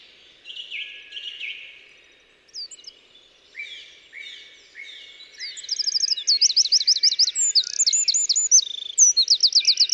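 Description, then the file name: Eurasian wren song: quieter scattered high notes build into a long run of loud, fast metallic trills and rattling phrases over the last four seconds. "Troglodytes troglodytes"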